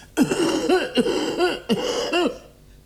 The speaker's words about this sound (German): Ich huste ebenfalls und werfe ängstliche Blicke. Hustete hier wer? Ich tat es, Gnäher. Entschuldigen Sie schon.